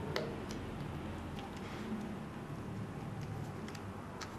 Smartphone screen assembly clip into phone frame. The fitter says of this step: there we go we got one clipped in so they're all clipped in